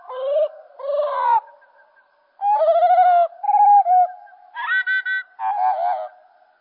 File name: Merle Et Merle Au Ralenti Merle noir ralenti